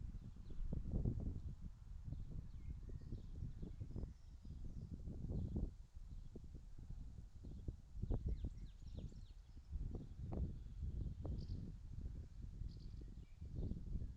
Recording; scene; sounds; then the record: everyday scene through a hearing-aid microphone; wind on the microphone; wind, birds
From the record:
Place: in front of a rural house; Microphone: in the ear canal, left